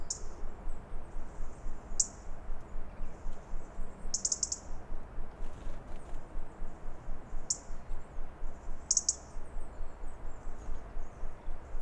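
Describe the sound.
Robin uttering high, thin alarm notes, singly and in quick clusters, spaced irregularly, against a rhythmic throbbing low noise.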